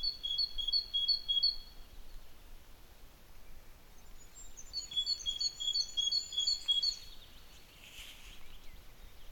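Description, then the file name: Great tit calls, clear high two-note phrases repeated rapidly in two bursts, separated by a pause, over a quiet hiss with some faint chirps. "Parus major"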